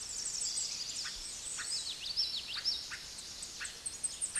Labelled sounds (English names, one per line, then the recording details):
Common Yellowthroat song
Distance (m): 25 m
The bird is about 5 m below the microphone
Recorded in a Pennsylvania forest on 16 May 2024 at 06:15
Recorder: AudioMoth, point MSD-2478
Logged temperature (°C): 15.6 °C
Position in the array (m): 43 m, 170 m